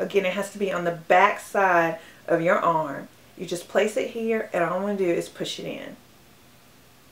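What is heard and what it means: A FreeStyle Libre glucose sensor's spring-loaded plastic applicator is placed against the back of the upper arm, ready to be pushed in, while someone talks. Nothing has clicked or seated yet; the clip ends just before the sensor goes in.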